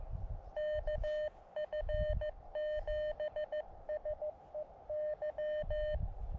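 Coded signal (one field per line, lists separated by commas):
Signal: Morse code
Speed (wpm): 19 wpm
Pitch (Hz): 560 Hz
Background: none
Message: KF7SEY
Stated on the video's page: Morse from summit activations of three peaks in the San Gabriel mountains.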